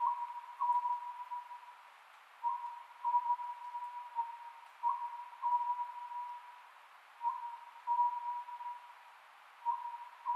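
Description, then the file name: Oriental scops owl calling, short low hooting phrases of two or three notes repeated about every two and a half seconds over a steady hiss. Japanese name konohazuku; recorded 27 May 2010 at 22:21. "konohazuku-20100527-2221"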